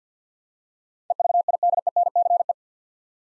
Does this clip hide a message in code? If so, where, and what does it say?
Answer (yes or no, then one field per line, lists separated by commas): yes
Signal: Morse code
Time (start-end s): 1.1-2.5 s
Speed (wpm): 48 wpm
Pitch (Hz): 700 Hz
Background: none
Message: EVIDENCE